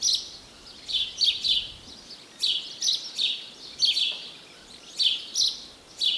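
House sparrow chirping: bright, sharp chirps in short clusters of two or three, pausing briefly between bursts, with faint background hiss.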